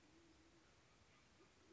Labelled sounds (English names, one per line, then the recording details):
Band-tailed Pigeon
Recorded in Sonoma County, California